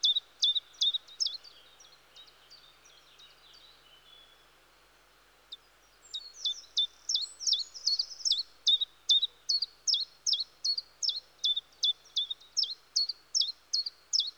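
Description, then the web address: Common chiffchaff song: a few sharp high chiff-chaff notes, a pause with soft twittering, then a long even run of about two or three notes per second. "BBC Sound Effects Library. Chiffchaff"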